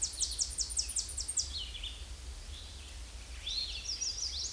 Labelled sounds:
Chestnut-sided Warbler (Setophaga pensylvanica) song
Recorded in a Pennsylvania forest on 18 May 2023 at 09:05
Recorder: AudioMoth, point grid1_17_low
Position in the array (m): 213 m, 134 m

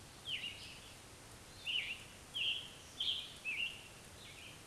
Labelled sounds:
Scarlet Tanager (Piranga olivacea) song
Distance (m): 25 m
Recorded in a Pennsylvania forest on 1 June 2023 at 08:06
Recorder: AudioMoth, point grid3_35_high
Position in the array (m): 164 m, 141 m

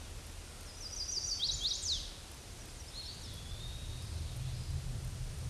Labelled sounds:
Chestnut-sided Warbler (Setophaga pensylvanica) song
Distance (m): 20 m
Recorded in a Pennsylvania forest on 18 May 2023 at 06:21
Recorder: AudioMoth, point grid1_19_low
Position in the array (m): 120 m, 209 m

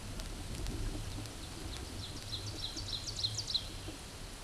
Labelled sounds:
Ovenbird (Seiurus aurocapilla) song
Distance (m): 55 m
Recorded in a Pennsylvania forest on 17 May 2023 at 12:59
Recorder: AudioMoth, point grid1_31_low
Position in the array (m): 196 m, 65 m

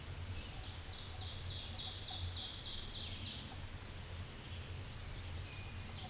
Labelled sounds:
Ovenbird (Seiurus aurocapilla) song
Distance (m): 40 m
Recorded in a Pennsylvania forest on 17 May 2023 at 13:25
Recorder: AudioMoth, point grid1_30_low
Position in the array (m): 148 m, 63 m

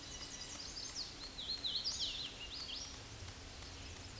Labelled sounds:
Hooded Warbler (Setophaga citrina) song
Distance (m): 40 m
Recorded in a Pennsylvania forest on 18 May 2023 at 11:01
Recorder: AudioMoth, point grid1_32_low
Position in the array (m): 132 m, 105 m

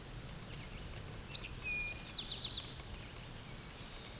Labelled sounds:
Eastern Towhee (Pipilo erythrophthalmus) song
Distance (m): 50 m
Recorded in a Pennsylvania forest on 17 May 2023 at 13:23
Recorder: AudioMoth, point grid1_14_low
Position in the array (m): 111 m, 105 m

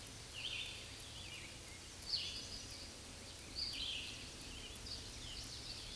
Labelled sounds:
Scarlet Tanager (Piranga olivacea) song
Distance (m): 10 m
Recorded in a Pennsylvania forest on 19 May 2023 at 09:54
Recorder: AudioMoth, point grid1_7_low
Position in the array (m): 161 m, 71 m

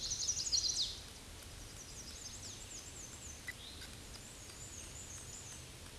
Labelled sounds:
Black-and-white Warbler (Mniotilta varia) song
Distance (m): 75 m
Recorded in a Pennsylvania forest on 18 May 2023 at 06:50
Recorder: AudioMoth, point grid1_14_low
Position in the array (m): 63 m, 83 m

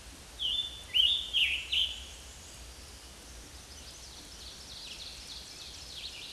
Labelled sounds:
Scarlet Tanager (Piranga olivacea) song
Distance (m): 15 m
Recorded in a Pennsylvania forest on 19 May 2023 at 11:00
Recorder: AudioMoth, point grid1_6_low
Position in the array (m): 186 m, 40 m

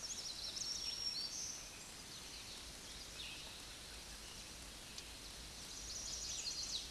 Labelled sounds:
Black-throated Green Warbler (Setophaga virens) song
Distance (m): 10 m
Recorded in a Pennsylvania forest on 20 May 2023 at 06:05
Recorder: AudioMoth, point grid1_37_low
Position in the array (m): 85 m, 178 m

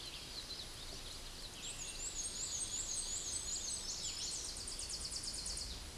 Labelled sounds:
Black-and-white Warbler (Mniotilta varia) song
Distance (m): 20 m
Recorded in a Pennsylvania forest on 18 May 2023 at 12:35
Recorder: AudioMoth, point grid1_4_low
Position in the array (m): 38 m, 72 m

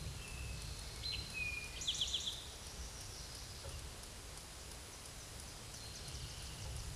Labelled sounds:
Eastern Towhee (Pipilo erythrophthalmus) song
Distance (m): 20 m
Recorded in a Pennsylvania forest on 17 May 2023 at 13:25
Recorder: AudioMoth, point grid1_8_low
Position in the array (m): 114 m, 105 m

